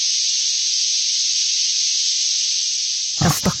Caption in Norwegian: Tinnitusstøy. Det er sånn som du bruker til med for å kurere tinnitus også. Ja, så du kan maskere, for dette er en hvit støy. Det er jo ikke så fæl lyd det er bare det at den er så jevn, at det ikke er noe, det er ikke noe rytme.